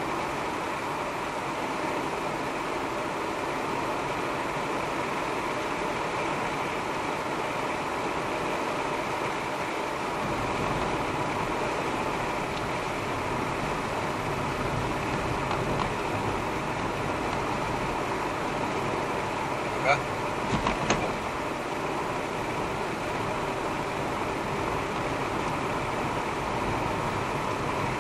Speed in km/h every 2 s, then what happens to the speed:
87, 88, 89, 87, 84, 81, 81, 81, 83, 83, 79, 81, 83, 84.
0-5 steady at about 88. 5-10 slows to 81. 10-20 steady at about 81.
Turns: none.